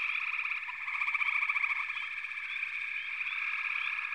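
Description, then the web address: Frog chorus of steady, overlapping high trills, pulsing rapidly, with brief upward chirps repeating over the constant drone. "Natures Songs Sleep Sounds of Nature FROGS Frog Chorus"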